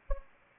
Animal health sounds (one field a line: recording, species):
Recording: mosquito wingbeat signal from an infrared sensor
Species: Anopheles arabiensis